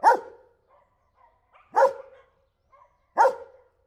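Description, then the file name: German Shepherd barking: three sharp, single barks spaced about one and a half seconds apart, with quiet gaps between. Friendly barking of a German Shepherd watchdog, recorded at Perkupa in 2014. "nemetjuhasz perkupa"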